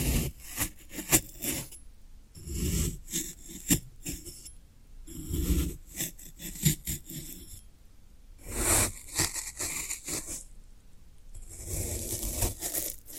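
Floral foam is pressed and scraped, giving irregular bursts of dry, crackly crunching with soft low thumps underneath. The handling comes in uneven bursts every second or two, with short quiet gaps, and turns to a brighter, hissing scrape near the end.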